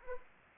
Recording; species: mosquito wingbeat signal from an infrared sensor; Anopheles arabiensis